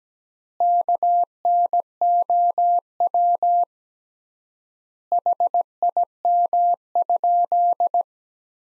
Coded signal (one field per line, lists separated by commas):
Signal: Morse code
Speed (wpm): 17 wpm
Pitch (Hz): 700 Hz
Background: none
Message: KNOW HIM?